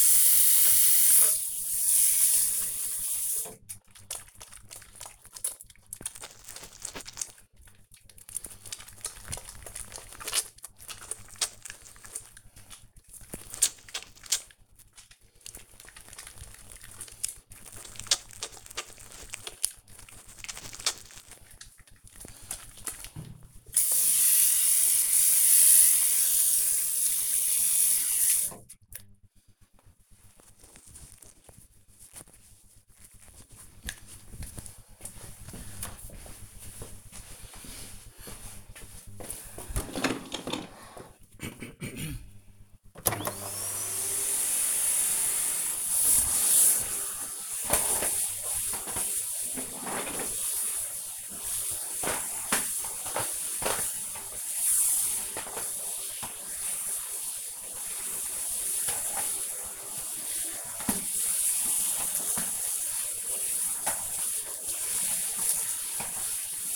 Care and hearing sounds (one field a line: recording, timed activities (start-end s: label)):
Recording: household activities, microphone on the right wrist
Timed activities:
0.00-29.22 s: washing hands
43.30-66.76 s: vacuum cleaning